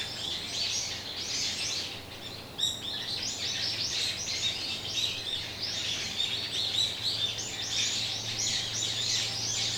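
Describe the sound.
Bird calls: an unbroken wash of high chirping, a brief sharper burst near two and a half seconds, faint hum beneath.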